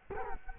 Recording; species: mosquito wingbeat signal from an infrared sensor; Culex quinquefasciatus